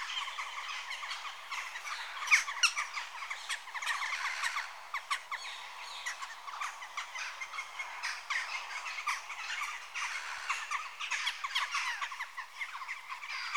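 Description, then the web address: Jackdaws giving quick, metallic 'tchak' calls, several per second, overlapping in a busy, uneven chorus. Adult birds. "BBC Sound Effects Library Birds Jackdaw (Corvus Monedula) Adults"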